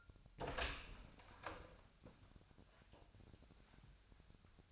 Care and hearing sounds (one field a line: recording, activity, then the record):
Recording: daily activity, microphone in the room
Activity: open door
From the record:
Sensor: 2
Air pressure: 1007.1 hPa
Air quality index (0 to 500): 190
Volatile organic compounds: 12 ppm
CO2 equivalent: 2335 ppm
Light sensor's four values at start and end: 10/23/10/10 and 10/24/10/10